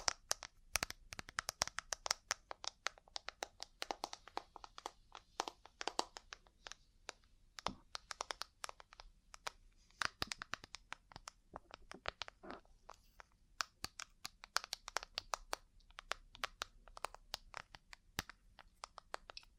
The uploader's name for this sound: Ear Cleaning, Massage, Cupping, Tapping